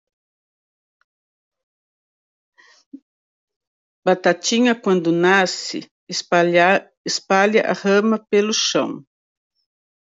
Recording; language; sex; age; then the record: short text; Brazilian Portuguese; female; 60 to 69 years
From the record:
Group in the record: control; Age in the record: 62 years